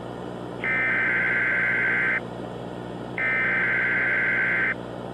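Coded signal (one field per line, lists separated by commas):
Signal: Emergency Alert System (SAME) tones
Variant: header bursts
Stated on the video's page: Fictional EAS scenario.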